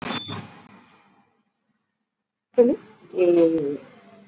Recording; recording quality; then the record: sustained vowel as in made; poor, much background noise or distortion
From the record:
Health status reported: exposed to COVID-19, no respiratory illness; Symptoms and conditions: cough, cold, fever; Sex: female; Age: 55 years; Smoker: no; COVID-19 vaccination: both doses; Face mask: worn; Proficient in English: yes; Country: India